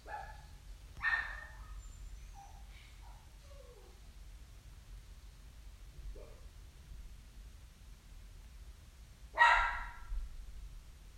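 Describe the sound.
Dog barking: one sharp bark near the start and a louder one near the end, with a few faint short sounds between and a low steady hum throughout.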